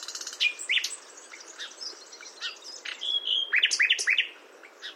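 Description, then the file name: Common nightingale with scattered notes, a brief whistle, then a quick run of bright upslurred notes. "Luscinia megarhynchos"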